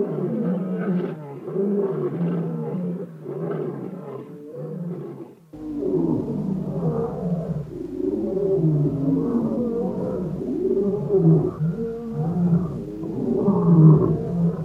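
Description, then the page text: African lion roaring, low rumbling roars and grunts, with a brief dip and then a deeper background rumble. "African Lions"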